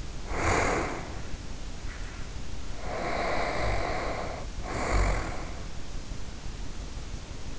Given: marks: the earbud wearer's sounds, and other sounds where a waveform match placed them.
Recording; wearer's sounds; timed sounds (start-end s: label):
sounds in sleep by an in-ear microphone; breath, snoring breath
0.22-2.33 s: breath
2.63-5.81 s: snoring breath